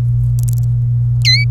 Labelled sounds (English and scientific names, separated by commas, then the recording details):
Domestic Canary (Serinus canaria) song
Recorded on 27 April 2018 at 09:37
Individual llb3